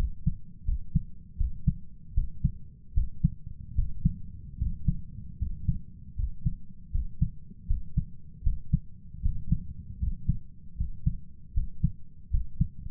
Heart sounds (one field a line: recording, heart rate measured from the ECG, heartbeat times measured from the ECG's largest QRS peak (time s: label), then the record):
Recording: heart sounds by stethoscope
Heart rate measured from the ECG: 77 bpm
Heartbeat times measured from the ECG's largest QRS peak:
0.64 s: heartbeat
1.36 s: heartbeat
2.13 s: heartbeat
2.93 s: heartbeat
3.74 s: heartbeat
4.57 s: heartbeat
5.37 s: heartbeat
6.15 s: heartbeat
6.90 s: heartbeat
7.66 s: heartbeat
8.42 s: heartbeat
9.21 s: heartbeat
9.98 s: heartbeat
10.76 s: heartbeat
11.53 s: heartbeat
12.29 s: heartbeat
From the record:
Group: healthy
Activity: cold pressor test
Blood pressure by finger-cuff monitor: 106/73 mmHg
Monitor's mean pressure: 80 mmHg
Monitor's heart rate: 78 bpm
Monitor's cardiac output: 6.8 L/min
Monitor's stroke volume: 87 mL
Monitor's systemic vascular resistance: 850 dyn s/cm5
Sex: male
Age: 23 years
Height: 178 cm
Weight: 96.6 kg